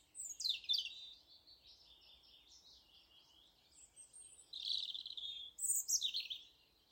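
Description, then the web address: European robin song with varied, tumbling phrases of high twittering and sweeping notes, quieter trills in the middle, then louder shrill flourishes near the end. "Deverinetal 2025"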